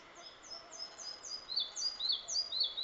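Red-breasted flycatcher song: a run of high, thin notes that grows louder, over a soft background hiss.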